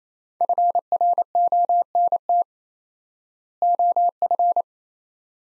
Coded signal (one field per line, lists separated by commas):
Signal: Morse code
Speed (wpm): 28 wpm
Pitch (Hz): 700 Hz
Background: none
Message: FRONT OF